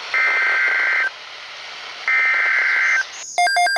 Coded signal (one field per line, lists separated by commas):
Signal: Emergency Alert System (SAME) tones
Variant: header bursts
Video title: RUN FOR IT AGAIN... EAS Alerts from 5/29/19 (EAS #2,539 - 2,552)